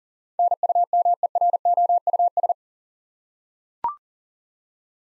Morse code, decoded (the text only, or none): NUMEROUS